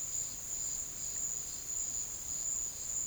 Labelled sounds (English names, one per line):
none